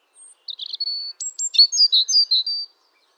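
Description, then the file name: European robin song: a single phrase opening with a thin high whistle, then quick varied trills and sweet fluttering notes. "Erithacus rubecula"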